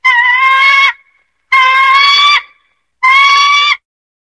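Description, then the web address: Domestic pig squeals: three loud, high, tonal squeals, each just under a second long, repeated about every one and a half seconds with silence between. "allat malac"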